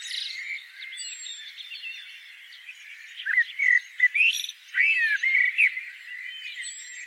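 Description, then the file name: Common blackbird giving a quiet, rambling stream of twittering and squeaky notes, growing louder midway with sharper chuckling phrases and slurred whistles. "Turdus merula"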